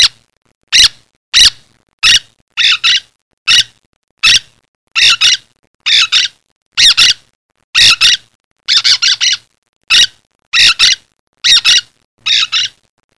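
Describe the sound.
Bird squawking harshly in a steady series, single and double rasping notes coming about once a second throughout.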